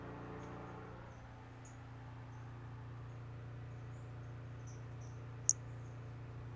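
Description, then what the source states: Brachycephalus albolineatus calling with faint, short, high chirping notes scattered irregularly, one sharp click near the end, over a steady low hum. Individual 11, unvouchered.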